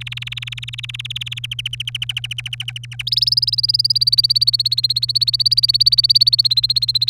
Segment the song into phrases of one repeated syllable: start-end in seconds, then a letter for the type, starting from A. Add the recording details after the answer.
0.01-1.34 A, 1.37-3.02 B, 3.07-7.10 C. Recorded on 30 April 2018 at 15:27. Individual llb3